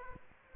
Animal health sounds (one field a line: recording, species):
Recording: mosquito wingbeat signal from an infrared sensor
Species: Aedes aegypti